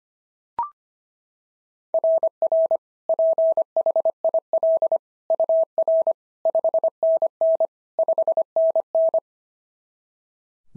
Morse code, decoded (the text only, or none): RR PHIL UR 5NN 5NN